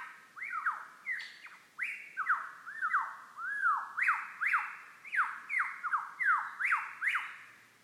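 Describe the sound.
Lyrebird song of loud ringing whistles, each arching up then dropping sharply, repeated roughly twice a second in a rolling sequence.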